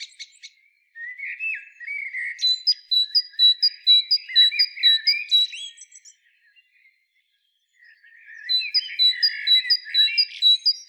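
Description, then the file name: Great tit giving runs of high sharp double notes, about twice a second, over lower rasping chatter, with a quiet pause midway before calling resumes. "Parus major"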